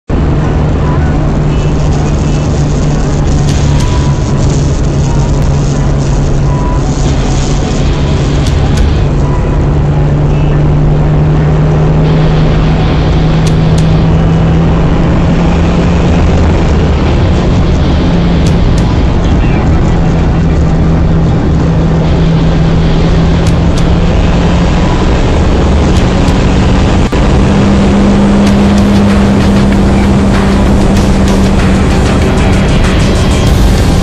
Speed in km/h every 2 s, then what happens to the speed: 158, 152, 147, 147, 149, 156, 166, 173, 186, 175, 170, 170, 190, 204, 211, 203, 196.
0-7 slows to 147. 7-16 speeds up to 186. 16-22 slows to 170. 22-27 speeds up to 211. 27-34 slows to 196.